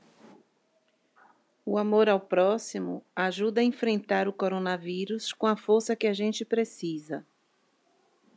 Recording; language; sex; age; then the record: spoken sentence; Brazilian Portuguese; female; 50 to 59 years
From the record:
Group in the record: control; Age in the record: 57 years